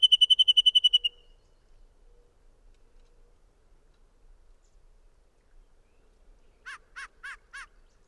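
Bird singing a fast even trill of clear notes for about a second, then silence, then four quick notes in a row.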